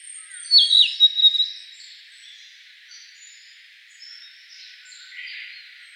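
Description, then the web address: Narcissus flycatcher giving a quick phrase of bright whistled notes with a down-slurred opening, then faint high sounds over steady background hiss. Recorded on 27 May 2013. "birdenaga kibitaki S 130527"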